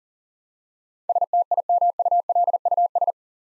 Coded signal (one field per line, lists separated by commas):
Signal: Morse code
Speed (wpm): 40 wpm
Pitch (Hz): 700 Hz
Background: none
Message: STIMULUS